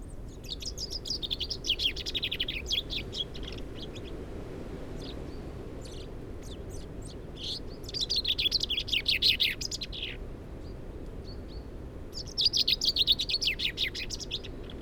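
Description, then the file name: Chaffinch sings three rollicking phrases, each a fast cascade of high notes ending in a flourish, with faint other notes and hiss. "Fringilla coelebs"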